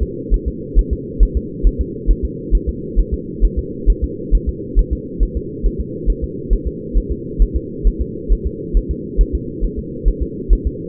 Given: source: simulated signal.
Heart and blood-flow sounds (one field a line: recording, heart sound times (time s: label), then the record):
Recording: fetal heart sounds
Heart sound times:
0.03 s: S2
0.34 s: S1
0.48 s: S2
0.79 s: S1
0.93 s: S2
1.23 s: S1
1.37 s: S2
1.67 s: S1
1.81 s: S2
2.11 s: S1
2.25 s: S2
2.55 s: S1
2.69 s: S2
3.00 s: S1
3.14 s: S2
3.44 s: S1
3.59 s: S2
3.90 s: S1
4.04 s: S2
4.35 s: S1
4.49 s: S2
4.79 s: S1
4.93 s: S2
5.23 s: S1
5.37 s: S2
5.66 s: S1
5.80 s: S2
6.10 s: S1
6.24 s: S2
6.53 s: S1
6.67 s: S2
6.97 s: S1
7.12 s: S2
7.42 s: S1
7.56 s: S2
7.87 s: S1
8.01 s: S2
8.32 s: S1
8.46 s: S2
8.77 s: S1
8.91 s: S2
9.21 s: S1
9.35 s: S2
9.64 s: S1
9.79 s: S2
10.08 s: S1
10.22 s: S2
10.53 s: S1
10.67 s: S2
From the record:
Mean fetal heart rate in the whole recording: 135 bpm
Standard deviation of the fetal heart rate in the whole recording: 3 bpm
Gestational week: 36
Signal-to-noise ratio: -4.1 dB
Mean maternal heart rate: no maternal heart sound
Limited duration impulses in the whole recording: absent